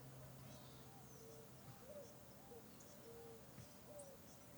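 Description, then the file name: Birds calling: a string of soft, low, arched whistles, with scattered faint high chirps above a constant low hum. Valley ambience with many birds. "Ambiente no vale com muitos passaros"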